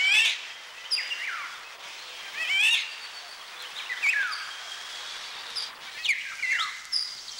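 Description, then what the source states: Eurasian golden oriole alarm calls: harsh, rasping notes sweeping downward, repeated at irregular intervals over soft background hiss. A duet; the female sensed something wrong and gave an alarm signal at once; when in danger the cry is no longer song.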